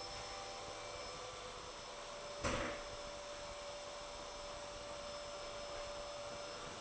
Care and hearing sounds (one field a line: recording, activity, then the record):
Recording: daily activity, microphone in the room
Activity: vacuum cleaning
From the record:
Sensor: 5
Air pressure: 1007.8 hPa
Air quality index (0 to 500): 95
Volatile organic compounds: 1 ppm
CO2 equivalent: 748 ppm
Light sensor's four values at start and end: 35/82/33/33 and 35/82/33/33